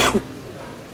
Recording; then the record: coughing mixed with background sound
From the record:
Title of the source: 61 morning phlegmy cough...again